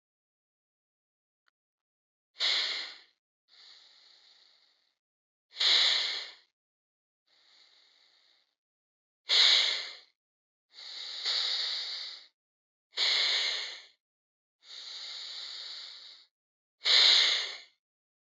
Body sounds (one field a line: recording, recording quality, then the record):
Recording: deep breathing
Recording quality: excellent, no background noise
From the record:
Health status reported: healthy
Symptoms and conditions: hypertension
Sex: male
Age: 62 years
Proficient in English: yes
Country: India